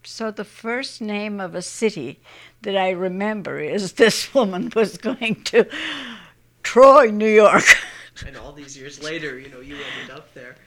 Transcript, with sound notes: So the first name of a city that I remember is this woman is going to Troy, New York. (she laughs)
And all these years later, you know, you ended up there.